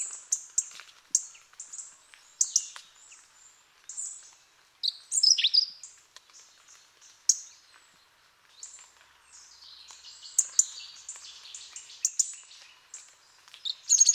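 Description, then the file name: European robin delivering a long run of sweet, high warbles and thin trills that vary in pitch, with short pauses and a louder phrase near the end. "Erithacus rubecula"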